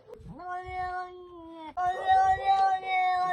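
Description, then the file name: Cat meowing twice: a rising note that levels into a drawn-out tone, then a louder, sustained meow, over a low background rumble. "gatto che dice"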